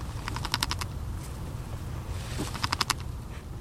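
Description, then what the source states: Woodchuck teeth chattering: two short bursts of rapid, sharp clicks, each under a second, over a steady low rumble. Young male pup named Harry, frightened or angry, trapped for the second time in 10 days, Gilsland Farm nature preserve near Portland, Maine.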